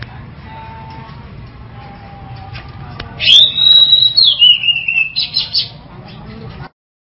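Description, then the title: Long-tailed shrike song: a high phrase that rises, holds, then wavers and drops, followed by a few brief high notes, with faint lower notes and a steady background hiss. Local names cendet, pentet. "Audio Cendet Pentet"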